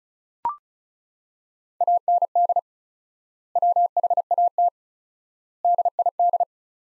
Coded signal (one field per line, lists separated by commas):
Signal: Morse code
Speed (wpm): 34 wpm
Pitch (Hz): 700 Hz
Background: none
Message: AND WHAT DID